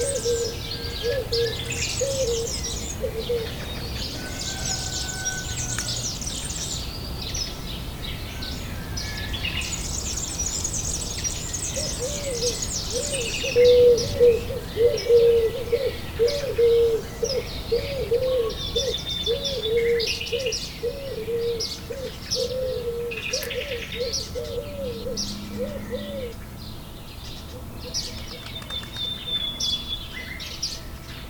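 Nature sounds with birds chirping and twittering high throughout, in dense bursts early on and sparser calls later. Around the middle, a low, rapidly repeated cooing or warbling note runs for about ten seconds over a steady soft background wash.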